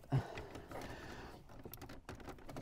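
A plastic wiring loom connector is pressed firmly into the back of an Android CarPlay head unit being installed in a Land Rover Discovery 4 (LR4), with shuffling and rubbing sounds as it is pushed. A sharp, short click at 1.7 s marks the tight connector seating fully into the unit.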